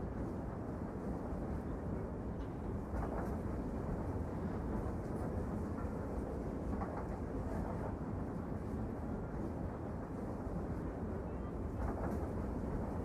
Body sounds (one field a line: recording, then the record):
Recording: background sound without coughing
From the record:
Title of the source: Train Ride Ambience ambient white noise for sleeping, focus, studying, reading